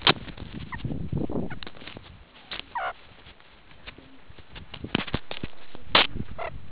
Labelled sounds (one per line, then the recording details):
meerkat short note
meerkat social call
meerkat close call
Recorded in the Kuruman River Reserve, South Africa
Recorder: an audio tag on a meerkat's collar